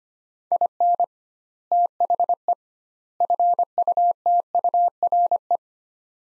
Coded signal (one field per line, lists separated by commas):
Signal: Morse code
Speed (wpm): 25 wpm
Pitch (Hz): 700 Hz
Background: none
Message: IN THE FUTURE